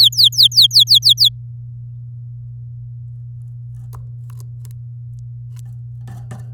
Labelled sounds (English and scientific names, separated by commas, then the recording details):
Domestic Canary (Serinus canaria) song
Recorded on 11 May 2018 at 08:15
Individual llb16